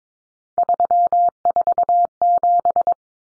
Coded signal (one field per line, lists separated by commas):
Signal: Morse code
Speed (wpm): 22 wpm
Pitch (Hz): 700 Hz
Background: none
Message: 347